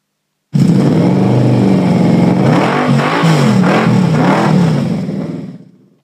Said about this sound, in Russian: Джим завел двигатель и, петляя, понесся по пустыне.